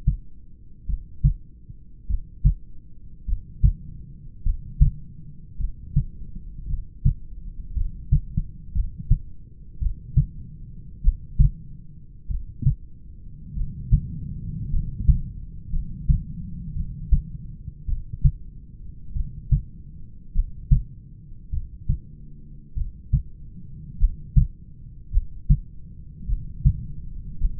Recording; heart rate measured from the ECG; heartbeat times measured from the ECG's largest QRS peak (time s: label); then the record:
heart sounds by stethoscope; 52 bpm
0.91 s: heartbeat
2.11 s: heartbeat
3.30 s: heartbeat
4.47 s: heartbeat
5.62 s: heartbeat
6.71 s: heartbeat
7.78 s: heartbeat
8.77 s: heartbeat
9.84 s: heartbeat
11.06 s: heartbeat
12.32 s: heartbeat
13.59 s: heartbeat
14.75 s: heartbeat
15.75 s: heartbeat
16.78 s: heartbeat
17.90 s: heartbeat
19.18 s: heartbeat
20.37 s: heartbeat
21.55 s: heartbeat
22.79 s: heartbeat
24.02 s: heartbeat
25.15 s: heartbeat
26.31 s: heartbeat
27.43 s: heartbeat
From the record:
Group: heart failure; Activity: rest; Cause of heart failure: familial cardiomyopathy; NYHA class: 1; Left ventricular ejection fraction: 49%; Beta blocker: bisoprolol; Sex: male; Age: 31 years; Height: 194 cm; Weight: 96 kg